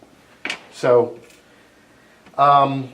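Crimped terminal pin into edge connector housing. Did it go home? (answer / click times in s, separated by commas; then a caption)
yes / 0.4 s. A freshly crimped terminal pin is pushed into a plastic edge-connector housing for a Gottlieb System 80 Mars God of War pinball machine, and it clicks into place with a sharp snap at 0.5 s. Someone talks around the click.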